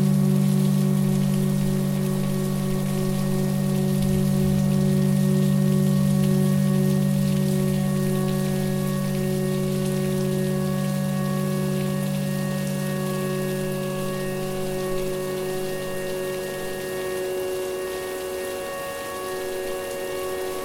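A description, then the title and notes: Slowly shifting drones hold several steady tones over a constant hiss of rain. The low tones thin out and fade near the seventeen-second mark while the higher layers continue. Overall loudness stays fairly even, easing slightly toward the end. The added drones explore a range of frequencies.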